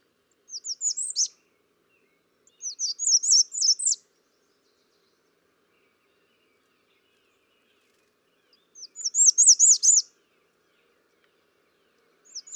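American redstart song: short high sibilant phrases of rapid notes, several bursts separated by pauses, in a quiet background.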